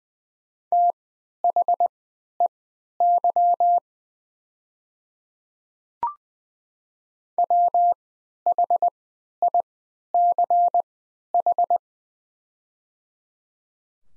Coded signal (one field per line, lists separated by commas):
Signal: Morse code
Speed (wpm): 20 wpm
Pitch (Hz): 700 Hz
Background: none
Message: THEY WHICH